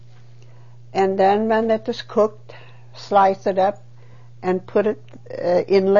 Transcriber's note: none